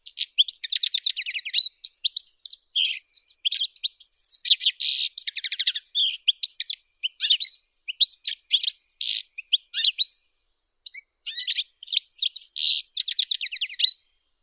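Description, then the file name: European goldfinch song: long, rambling twitter of tinkling notes, quick trills and harsh buzzy bursts, with a brief pause before it resumes. "Golosa ptic - CSHegol Carduelis carduelis"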